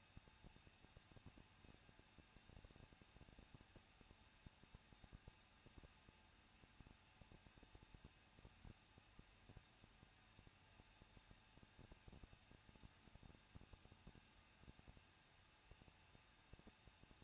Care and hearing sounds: daily activity, microphone in the room; no activity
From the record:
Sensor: 2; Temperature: 21.0 degrees Celsius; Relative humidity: 37.3%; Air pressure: 1006.3 hPa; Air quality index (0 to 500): 221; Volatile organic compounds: 23 ppm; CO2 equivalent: 2793 ppm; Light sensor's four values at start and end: 2/3/2/2 and 2/3/2/2

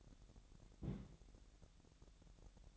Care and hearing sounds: daily activity, microphone in the room; place on stove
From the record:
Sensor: 3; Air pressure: 1012.0 hPa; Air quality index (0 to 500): 206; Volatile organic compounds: 4 ppm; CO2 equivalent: 1543 ppm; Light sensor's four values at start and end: 113/266/110/99 and 113/266/110/99

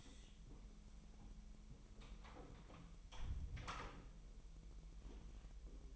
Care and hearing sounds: daily activity, microphone in the room; close door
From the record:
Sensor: 1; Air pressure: 1001.1 hPa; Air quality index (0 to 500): 249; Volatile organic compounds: 147 ppm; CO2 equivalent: 4008 ppm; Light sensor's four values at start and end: 12/30/12/13 and 12/29/12/13

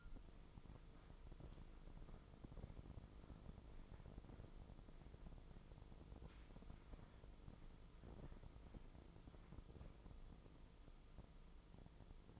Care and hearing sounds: daily activity, microphone in the room; walk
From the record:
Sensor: 5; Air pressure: 996.0 hPa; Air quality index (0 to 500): 249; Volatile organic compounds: 534 ppm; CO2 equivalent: 4863 ppm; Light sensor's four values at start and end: 199/474/202/222 and 198/473/202/222

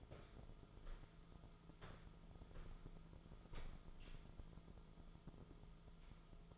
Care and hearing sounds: daily activity, microphone in the room; walk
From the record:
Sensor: 5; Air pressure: 1005.6 hPa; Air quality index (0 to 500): 93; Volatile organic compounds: 2 ppm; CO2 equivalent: 1131 ppm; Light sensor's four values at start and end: 33/77/31/29 and 33/77/31/29

